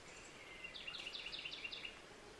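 Buff-breasted wren song: a rapid series of roughly ten ringing, slightly buzzy notes in even rhythm over about a second, with constant background noise.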